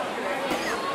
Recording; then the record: coughing mixed with background sound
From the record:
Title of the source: 34 coughing up crap again